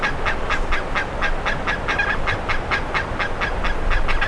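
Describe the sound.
Bird with repeated short, nasal, harsh notes in a quick uneven sequence, set against a deep rumbling background and hiss.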